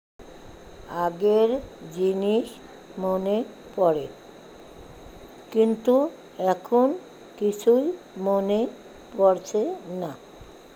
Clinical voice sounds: elicited speech; Bengali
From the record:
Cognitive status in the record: dementia

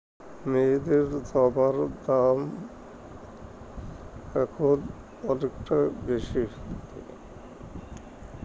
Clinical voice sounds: elicited speech; Bengali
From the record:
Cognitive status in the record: dementia

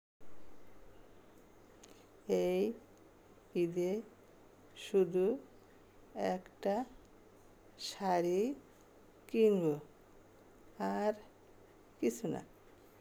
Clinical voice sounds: elicited speech; Bengali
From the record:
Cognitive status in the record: dementia

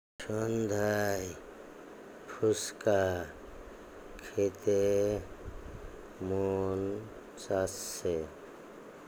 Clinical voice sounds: elicited speech; Bengali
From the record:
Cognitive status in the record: dementia

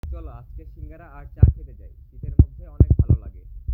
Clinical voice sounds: elicited speech; Bengali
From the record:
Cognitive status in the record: cognitively healthy

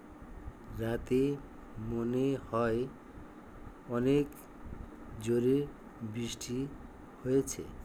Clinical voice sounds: elicited speech; Bengali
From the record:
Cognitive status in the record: dementia

